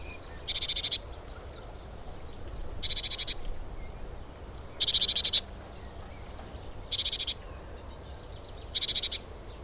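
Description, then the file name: Great tit rattling call: five short, buzzy bursts of rapid pulsed notes, each about half a second long, repeated roughly every two seconds over faint background hiss. "Parus major"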